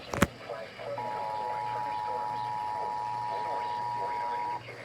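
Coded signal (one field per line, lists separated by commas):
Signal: Emergency Alert System (SAME) tones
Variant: 853 and 960 Hz attention tone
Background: speech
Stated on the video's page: EAS alerts received from NOAA Weather Radio transmitters and AM/FM broadcast stations in Tennessee.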